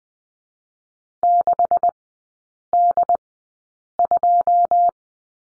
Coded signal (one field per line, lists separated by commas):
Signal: Morse code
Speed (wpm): 20 wpm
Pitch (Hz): 700 Hz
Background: none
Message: 6D2